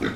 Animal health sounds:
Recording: pig call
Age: growing-finishing pig (85 days or more)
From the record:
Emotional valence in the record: negative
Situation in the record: barren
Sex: male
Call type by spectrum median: low-frequency call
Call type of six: low-frequency tonal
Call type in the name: low-frequency stable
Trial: 1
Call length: 0.16 s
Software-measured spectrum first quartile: 288 Hz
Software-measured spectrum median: 620 Hz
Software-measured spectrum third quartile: 1822 Hz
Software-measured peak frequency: 288 Hz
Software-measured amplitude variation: 101 dB a second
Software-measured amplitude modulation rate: 22.4 a second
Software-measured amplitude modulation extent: 4.5 dB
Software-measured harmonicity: 1.0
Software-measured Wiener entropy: -1.54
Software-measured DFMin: 981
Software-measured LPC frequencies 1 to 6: 357, 1421, 1980, 3662, 5103, 5607 Hz

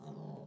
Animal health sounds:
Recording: pig call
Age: piglet (1 to 25 days)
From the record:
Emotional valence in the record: negative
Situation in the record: short isolation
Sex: female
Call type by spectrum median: low-frequency call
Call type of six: low-frequency stable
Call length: 0.47 s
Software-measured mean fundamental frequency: 71 Hz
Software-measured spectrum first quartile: 168 Hz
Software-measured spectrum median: 279 Hz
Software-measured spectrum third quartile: 590 Hz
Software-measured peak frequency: 160 Hz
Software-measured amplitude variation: 136 dB a second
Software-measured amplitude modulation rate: 34.1 a second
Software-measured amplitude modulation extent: 4.0 dB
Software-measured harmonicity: 1.3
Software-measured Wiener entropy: 0.08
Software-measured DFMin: 1323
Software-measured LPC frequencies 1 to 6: 752, 3137, 3848, 4546, 6095, 6831 Hz

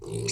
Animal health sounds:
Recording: pig call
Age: weaner (32 to 43 days)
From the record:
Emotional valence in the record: negative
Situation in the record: novel object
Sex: female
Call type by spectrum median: low-frequency call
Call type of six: mixed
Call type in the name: high-frequency modulated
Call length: 0.31 s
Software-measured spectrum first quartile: 265 Hz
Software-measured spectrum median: 1624 Hz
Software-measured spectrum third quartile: 5635 Hz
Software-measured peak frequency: 399 Hz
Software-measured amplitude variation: 134 dB a second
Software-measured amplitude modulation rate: 30.6 a second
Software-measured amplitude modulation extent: 4.4 dB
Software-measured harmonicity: 4.9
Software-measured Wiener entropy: -4.58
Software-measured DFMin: 1152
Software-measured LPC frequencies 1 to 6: 391, 2278, 2532, 4407, 5557, 6100 Hz

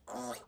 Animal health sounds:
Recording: pig call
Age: piglet (1 to 25 days)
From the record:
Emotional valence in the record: negative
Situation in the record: restrain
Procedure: back test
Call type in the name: low-frequency call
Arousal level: medium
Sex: female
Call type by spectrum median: low-frequency call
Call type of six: low-frequency stable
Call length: 0.48 s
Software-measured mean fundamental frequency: 64 Hz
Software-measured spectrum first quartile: 557 Hz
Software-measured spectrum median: 1138 Hz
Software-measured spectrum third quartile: 4383 Hz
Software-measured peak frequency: 604 Hz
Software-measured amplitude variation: 137 dB a second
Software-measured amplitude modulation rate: 16.7 a second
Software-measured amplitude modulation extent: 8.2 dB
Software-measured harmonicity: 2.3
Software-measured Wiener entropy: -2.71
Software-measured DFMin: 1008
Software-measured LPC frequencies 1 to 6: 640, 1109, 3631, 4510, 5690, 7486 Hz

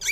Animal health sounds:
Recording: pig call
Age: weaner (32 to 43 days)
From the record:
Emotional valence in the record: negative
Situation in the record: short isolation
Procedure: open field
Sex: female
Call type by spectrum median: high-frequency call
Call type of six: high-frequency stable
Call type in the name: high-frequency stable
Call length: 0.12 s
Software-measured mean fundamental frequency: 361 Hz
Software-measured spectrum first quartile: 2355 Hz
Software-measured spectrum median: 3636 Hz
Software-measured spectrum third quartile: 6294 Hz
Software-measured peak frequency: 2331 Hz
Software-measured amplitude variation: 96 dB a second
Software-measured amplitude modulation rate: 8.2 a second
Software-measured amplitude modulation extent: 11.7 dB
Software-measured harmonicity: 9.0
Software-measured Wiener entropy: -3.17

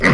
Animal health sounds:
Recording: pig call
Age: piglet (1 to 25 days)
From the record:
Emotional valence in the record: positive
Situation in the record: reunion after long isolation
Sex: male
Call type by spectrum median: low-frequency call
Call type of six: low-frequency tonal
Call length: 0.13 s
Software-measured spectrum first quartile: 263 Hz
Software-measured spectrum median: 963 Hz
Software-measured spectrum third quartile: 1908 Hz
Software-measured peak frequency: 156 Hz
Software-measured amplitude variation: 110 dB a second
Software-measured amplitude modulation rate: 11.4 a second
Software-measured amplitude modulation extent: 9.7 dB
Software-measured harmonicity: 0.8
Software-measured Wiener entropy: -1.33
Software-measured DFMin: 1200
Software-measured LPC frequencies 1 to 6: 1256, 1982, 4003, 4670, 6083, 7105 Hz

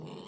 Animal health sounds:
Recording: pig call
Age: piglet (1 to 25 days)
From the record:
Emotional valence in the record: negative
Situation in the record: long isolation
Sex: male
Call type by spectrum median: low-frequency call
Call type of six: mixed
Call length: 0.28 s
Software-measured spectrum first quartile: 324 Hz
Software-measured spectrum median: 1196 Hz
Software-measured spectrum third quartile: 7081 Hz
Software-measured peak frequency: 173 Hz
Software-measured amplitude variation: 116 dB a second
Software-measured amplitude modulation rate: 24.8 a second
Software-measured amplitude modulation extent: 4.7 dB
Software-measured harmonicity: 6.6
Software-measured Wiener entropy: -4.17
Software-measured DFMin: 916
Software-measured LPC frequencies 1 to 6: 366, 998, 2403, 3020, 3665, 4282 Hz

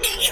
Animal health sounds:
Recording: pig call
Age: piglet (1 to 25 days)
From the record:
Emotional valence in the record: negative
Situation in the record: castration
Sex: male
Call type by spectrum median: high-frequency call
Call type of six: high-frequency stable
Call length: 0.32 s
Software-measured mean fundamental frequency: 203 Hz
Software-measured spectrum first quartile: 2737 Hz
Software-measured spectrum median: 4631 Hz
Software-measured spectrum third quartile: 9403 Hz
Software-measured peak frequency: 2926 Hz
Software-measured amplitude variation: 160 dB a second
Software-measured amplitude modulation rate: 11.0 a second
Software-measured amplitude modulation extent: 14.6 dB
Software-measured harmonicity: 1.2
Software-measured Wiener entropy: -2.18

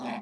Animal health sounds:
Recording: pig call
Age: piglet (1 to 25 days)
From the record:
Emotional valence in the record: negative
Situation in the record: short isolation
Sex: male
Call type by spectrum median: low-frequency call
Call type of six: low-frequency modulated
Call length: 0.21 s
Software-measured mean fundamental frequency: 61 Hz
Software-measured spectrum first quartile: 279 Hz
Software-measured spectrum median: 652 Hz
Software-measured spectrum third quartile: 1164 Hz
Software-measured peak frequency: 232 Hz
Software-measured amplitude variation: 87 dB a second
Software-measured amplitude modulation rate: 21.1 a second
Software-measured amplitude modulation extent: 4.1 dB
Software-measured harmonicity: 1.4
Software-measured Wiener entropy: -0.71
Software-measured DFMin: 713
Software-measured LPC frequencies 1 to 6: 806, 1895, 2463, 3434, 4135, 5630 Hz

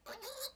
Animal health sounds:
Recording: pig call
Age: piglet (1 to 25 days)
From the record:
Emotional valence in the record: negative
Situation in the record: restrain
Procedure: back test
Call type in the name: high-frequency call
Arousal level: maximum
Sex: male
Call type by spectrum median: high-frequency call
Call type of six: high-frequency stable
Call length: 0.56 s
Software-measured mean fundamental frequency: 238 Hz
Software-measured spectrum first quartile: 831 Hz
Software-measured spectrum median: 3793 Hz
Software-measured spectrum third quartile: 6561 Hz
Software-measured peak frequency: 536 Hz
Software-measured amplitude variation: 175 dB a second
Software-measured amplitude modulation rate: 15.1 a second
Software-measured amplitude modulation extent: 11.6 dB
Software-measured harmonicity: 2.5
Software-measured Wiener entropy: -2.06

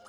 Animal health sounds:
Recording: pig call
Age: piglet (1 to 25 days)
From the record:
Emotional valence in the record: negative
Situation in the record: long isolation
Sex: female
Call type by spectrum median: low-frequency call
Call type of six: low-frequency tonal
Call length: 0.09 s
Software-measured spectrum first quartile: 811 Hz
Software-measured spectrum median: 1368 Hz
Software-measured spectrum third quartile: 3080 Hz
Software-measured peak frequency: 1256 Hz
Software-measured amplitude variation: 61 dB a second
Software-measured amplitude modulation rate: 11.0 a second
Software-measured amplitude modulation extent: 5.5 dB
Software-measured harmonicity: 5.0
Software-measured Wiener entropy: -2.32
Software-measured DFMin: 967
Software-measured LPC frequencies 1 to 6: 675, 1354, 2995, 3875, 5185, 6442 Hz

